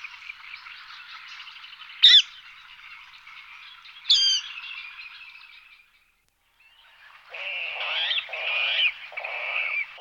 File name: Chrastal vodni Rallus aquaticus